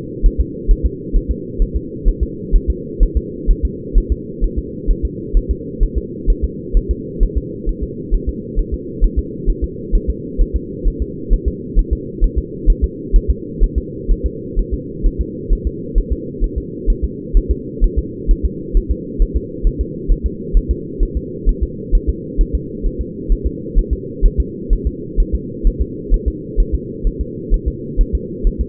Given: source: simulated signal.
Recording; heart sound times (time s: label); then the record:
fetal heart sounds
0.26 s: S1
0.41 s: S2
0.71 s: S1
0.86 s: S2
1.16 s: S1
1.31 s: S2
1.62 s: S1
1.76 s: S2
2.08 s: S1
2.23 s: S2
2.55 s: S1
2.70 s: S2
3.03 s: S1
3.17 s: S2
3.50 s: S1
3.65 s: S2
3.98 s: S1
4.12 s: S2
4.44 s: S1
4.58 s: S2
4.91 s: S1
5.05 s: S2
5.37 s: S1
5.51 s: S2
5.83 s: S1
5.98 s: S2
6.30 s: S1
6.44 s: S2
6.77 s: S1
6.91 s: S2
7.23 s: S1
7.38 s: S2
7.69 s: S1
7.83 s: S2
8.14 s: S1
8.29 s: S2
8.59 s: S1
8.74 s: S2
9.04 s: S1
9.19 s: S2
9.50 s: S1
9.64 s: S2
9.95 s: S1
10.10 s: S2
10.41 s: S1
10.56 s: S2
10.88 s: S1
11.02 s: S2
11.33 s: S1
11.48 s: S2
11.79 s: S1
11.93 s: S2
12.24 s: S1
12.39 s: S2
12.70 s: S1
12.84 s: S2
13.16 s: S1
13.30 s: S2
13.64 s: S1
13.78 s: S2
14.11 s: S1
14.26 s: S2
14.59 s: S1
14.74 s: S2
15.06 s: S1
15.21 s: S2
15.53 s: S1
15.67 s: S2
15.98 s: S1
16.12 s: S2
16.44 s: S1
16.58 s: S2
16.90 s: S1
17.04 s: S2
17.37 s: S1
17.51 s: S2
17.84 s: S1
17.99 s: S2
18.31 s: S1
18.45 s: S2
18.77 s: S1
18.92 s: S2
19.22 s: S1
19.37 s: S2
19.67 s: S1
19.81 s: S2
20.11 s: S1
20.26 s: S2
20.57 s: S1
20.71 s: S2
21.03 s: S1
21.17 s: S2
21.49 s: S1
21.63 s: S2
21.95 s: S1
22.09 s: S2
22.41 s: S1
22.55 s: S2
22.86 s: S1
23.01 s: S2
23.32 s: S1
23.46 s: S2
23.78 s: S1
23.93 s: S2
24.25 s: S1
24.40 s: S2
24.73 s: S1
24.87 s: S2
25.20 s: S1
25.35 s: S2
25.67 s: S1
25.82 s: S2
26.14 s: S1
26.28 s: S2
26.60 s: S1
26.75 s: S2
27.07 s: S1
27.21 s: S2
27.54 s: S1
27.68 s: S2
28.01 s: S1
28.15 s: S2
28.47 s: S1
28.61 s: S2
From the record:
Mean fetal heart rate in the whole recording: 130 bpm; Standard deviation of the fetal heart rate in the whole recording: 4 bpm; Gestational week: 38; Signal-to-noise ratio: -4.1 dB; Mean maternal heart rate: no maternal heart sound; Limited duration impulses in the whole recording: absent